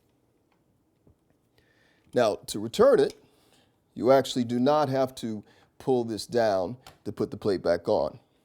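A camera plate is handled at an OConnor Ultimate 2575D tripod fluid head, about to be returned to it, while someone talks through most of the clip after a couple of faint ticks near 0.5 and 1.6 seconds. The plate has not yet snapped into place on the fluid head; nothing has seated or clicked yet.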